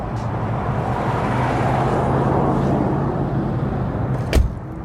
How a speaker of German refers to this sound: Gegen 7 war ich in Offenbach. Ich parkte meinen Wagen in einer ruhigen Seitenstraße nahe dem Adria-Grill.